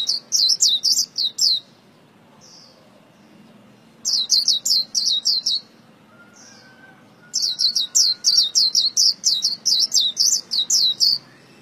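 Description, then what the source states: White-eye song: three bursts of fast, high-pitched chirps separated by quiet pauses with a few soft notes. Vietnamese song style called khuyên líu.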